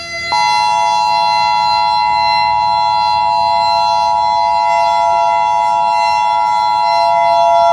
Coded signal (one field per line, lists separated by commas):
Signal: Emergency Alert System (SAME) tones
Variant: 853 and 960 Hz attention tone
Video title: EAS Scenario (Kinda?) - Battle of the Gods